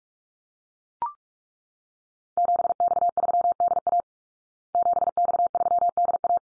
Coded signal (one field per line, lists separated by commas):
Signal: Morse code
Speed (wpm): 44 wpm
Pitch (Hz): 700 Hz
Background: none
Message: 7X3DA 7X3DA